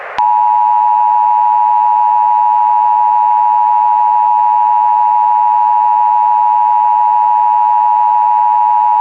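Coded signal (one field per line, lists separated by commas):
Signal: Emergency Alert System (SAME) tones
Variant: 853 and 960 Hz attention tone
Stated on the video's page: Mock of 2011 National EAS Test hijacking via NOAA Weather Radio retransmission; simulated found footage.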